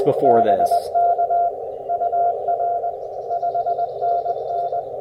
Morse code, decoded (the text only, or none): BK UR 5NN